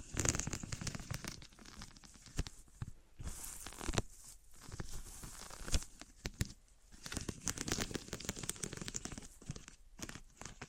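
Materials like wood, cork, sponge, foam, glass or plastic being handled, giving dense, irregular crackles and crinkles with sharp clicks and brief quiet gaps.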